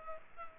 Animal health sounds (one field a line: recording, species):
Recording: mosquito wingbeat signal from an infrared sensor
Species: Culex pipiens